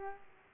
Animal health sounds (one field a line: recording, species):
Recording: mosquito wingbeat signal from an infrared sensor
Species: Aedes aegypti